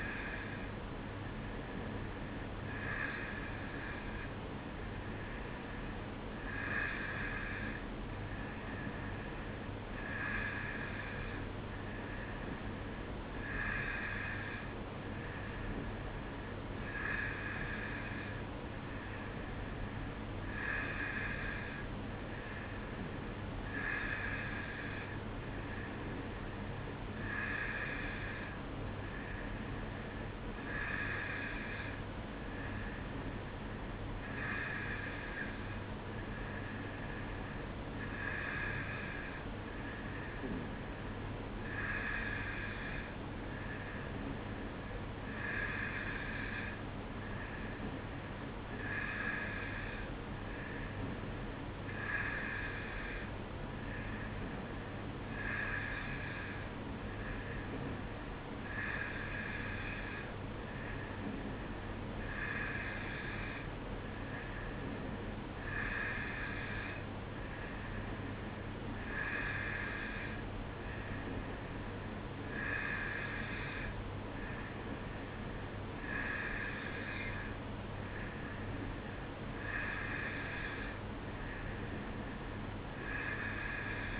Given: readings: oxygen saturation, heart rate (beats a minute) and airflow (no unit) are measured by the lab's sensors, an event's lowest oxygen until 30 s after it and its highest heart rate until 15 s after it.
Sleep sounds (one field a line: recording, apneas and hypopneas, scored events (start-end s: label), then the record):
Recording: breathing in sleep by a voice recorder at the bedside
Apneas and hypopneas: none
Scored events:
none scored
From the record:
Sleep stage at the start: N2 (light sleep)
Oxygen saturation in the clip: 91 to 92%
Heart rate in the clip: 54 to 57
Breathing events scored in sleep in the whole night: 305 in 9.6 hours asleep